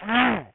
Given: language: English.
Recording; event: throat vibration sensor signal played as sound; throat clearing